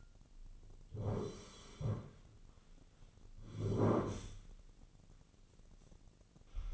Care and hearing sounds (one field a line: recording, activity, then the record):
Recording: daily activity, microphone in the room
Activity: sit down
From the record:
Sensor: 4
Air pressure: 1010.0 hPa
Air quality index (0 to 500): 193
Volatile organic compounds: 3 ppm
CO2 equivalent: 1386 ppm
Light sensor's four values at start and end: 40/98/41/44 and 40/99/41/44